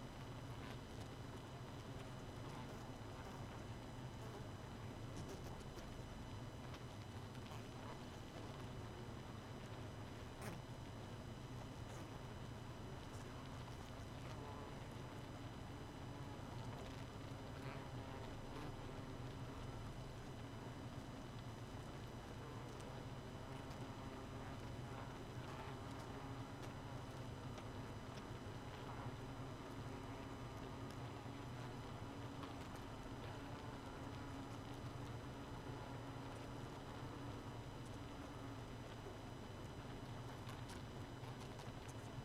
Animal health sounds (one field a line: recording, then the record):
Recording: honeybee colony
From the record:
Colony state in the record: missing queen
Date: 31 May 2018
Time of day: 0:31